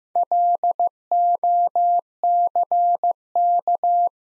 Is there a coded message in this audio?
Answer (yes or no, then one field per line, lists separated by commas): yes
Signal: Morse code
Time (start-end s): 0.2-4.1 s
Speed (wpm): 15 wpm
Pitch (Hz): 700 Hz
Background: none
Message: LOCK